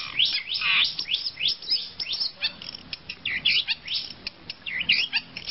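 Bird song, continuous run of quick high whistled and chirping notes, rising and falling in fast sweeps.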